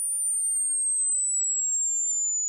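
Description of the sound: Steady, very high-pitched whistling tone near 8 kHz, simulating tinnitus: a ringing heard suddenly in bed after a party where the music was slightly too loud and one stood right in front of the speaker. It keeps going, unchanged, for days, weeks or even years. People with tinnitus hear sounds that are not really there.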